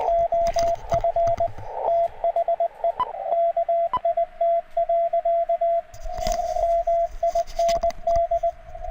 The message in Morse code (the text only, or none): OF THE KIT. MIND